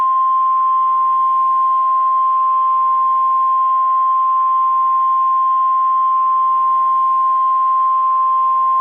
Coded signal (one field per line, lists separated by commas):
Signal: Emergency Alert System (SAME) tones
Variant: 1050 Hz attention tone